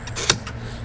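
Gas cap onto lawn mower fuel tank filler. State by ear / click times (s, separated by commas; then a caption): seated / 0.3 s. A plastic gas cap is pressed back onto the fuel tank filler of a Honda HRX217VKA lawn mower, over a small plastic bag placed on the filler to help minimize spills. A sharp snap at 0.3 s marks the cap seating shut, with quieter rustles before and after.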